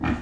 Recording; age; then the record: pig call; growing-finishing pig (85 days or more)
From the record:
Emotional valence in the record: negative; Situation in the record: barren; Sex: female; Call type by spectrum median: low-frequency call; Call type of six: low-frequency modulated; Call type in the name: low-frequency modulated, not sure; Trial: 1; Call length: 0.22 s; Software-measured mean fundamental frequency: 56 Hz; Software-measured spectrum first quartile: 204 Hz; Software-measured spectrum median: 396 Hz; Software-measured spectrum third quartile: 1343 Hz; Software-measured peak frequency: 251 Hz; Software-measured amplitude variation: 141 dB a second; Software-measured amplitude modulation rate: 20.4 a second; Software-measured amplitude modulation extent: 6.9 dB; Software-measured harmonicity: 1.2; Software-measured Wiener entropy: -1.54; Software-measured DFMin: 508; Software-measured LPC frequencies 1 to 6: 1134, 1721, 2404, 3168, 4547, 5637 Hz